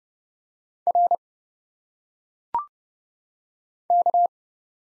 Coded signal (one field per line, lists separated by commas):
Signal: Morse code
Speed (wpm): 31 wpm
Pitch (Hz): 700 Hz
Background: none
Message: R K